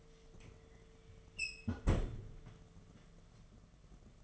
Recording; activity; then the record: daily activity, microphone in the room; close fridge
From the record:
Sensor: 4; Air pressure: 1015.7 hPa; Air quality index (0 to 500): 185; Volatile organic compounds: 9 ppm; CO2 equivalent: 2140 ppm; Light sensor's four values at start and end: 9/19/8/8 and 11/26/11/10